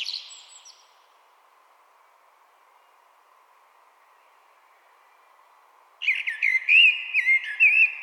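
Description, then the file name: Common blackbird: the tail of one phrase, a long silence, then a fresh run of fluty warbling notes with high twittering overtones. "Turdus merula"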